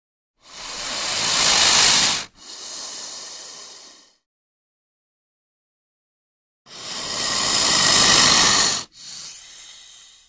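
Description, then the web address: Snake hissing in two bouts, each a long forceful hiss followed by a shorter, weaker one, with silence between them. Warning hiss given before attacking. "le sifflement davertissement dun serpent avant dattaquer"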